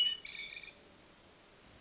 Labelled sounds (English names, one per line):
Hermit Thrush